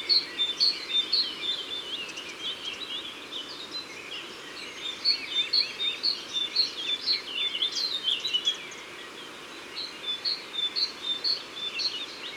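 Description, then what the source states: Great tit song, ringing repeated two-note phrases in several bursts with short gaps, over constant background noise. Isère, France.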